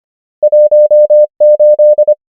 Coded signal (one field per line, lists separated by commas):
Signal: Morse code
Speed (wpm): 25 wpm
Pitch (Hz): 600 Hz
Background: none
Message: 1 8